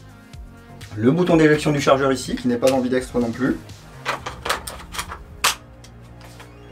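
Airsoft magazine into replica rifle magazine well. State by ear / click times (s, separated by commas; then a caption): seated / 5.5 s. A magazine is inserted into the plastic/metal magazine well of an EMG Salient Arms International M4 SBR GRY GEN2 airsoft replica rifle while someone talks. A sharp, loud click at 5.5 s marks the magazine seating and locking in well, with only slight play.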